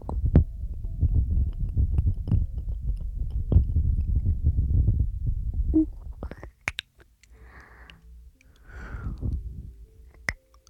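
Breathing, opening with about six seconds of dense, low, rumbling air noise scattered with small clicks. After a couple of sharp ticks, two softer, airy breaths come through near the seven- and nine-second marks, with another brief click near the end.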